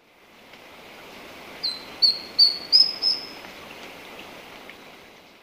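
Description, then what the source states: Esmeraldas antbird singing a short series of five high whistled notes, each a little higher than the last, over a soft hiss of background noise. Recorded in Ecuador.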